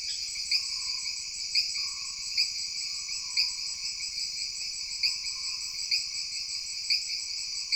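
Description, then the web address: Jungle insects droning in a thick, shrill chorus, punctuated by brief louder chirps at intervals, over a faint wavering lower hum. Jungle background ambience of an insect chorus. "Sony Creative Software Sony Pictures Sound Effects Series Volumes 1-10 Volume 2 Backgrounds Jungle Insects With Frogs"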